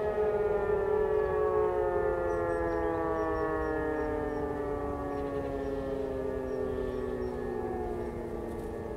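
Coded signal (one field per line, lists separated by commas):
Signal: siren signal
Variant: E57 electromechanical siren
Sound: a continuous wailing siren tone slowly dropping in pitch, with rich harmonics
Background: outdoor ambience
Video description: Monatlicher Probealarm der Feuerwehrsirenen in Bornheim am 28.11.2020 um 11 Uhr mit dem Signal "Feueralarm".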